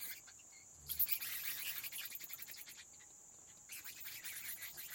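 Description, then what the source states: Bats' wing flaps: rapid papery fluttering in two stretches, one from near the start to past the middle and one near the end, over a steady high-pitched whine. Bats flapping their wings in a cave habitat.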